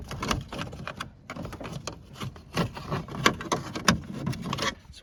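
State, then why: Released. The plastic trim bezel around the interior door handle of a 4th-gen F-body Camaro is pried off the door panel during a power window motor replacement. Scraping and prying rustles run throughout, with sharp pops at 0.3, 3.3 and 3.9 seconds. The bezel's small retaining clips pop loose and the bezel comes free.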